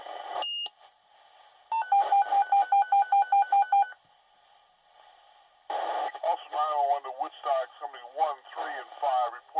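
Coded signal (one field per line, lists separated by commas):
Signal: pager alert tone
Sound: short high beep, then fast two-tone warble for two seconds, then a voice talking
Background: radio speech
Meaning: Alert tones before a fire department dispatch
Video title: Fire Department Dispatch Pager Sound Effect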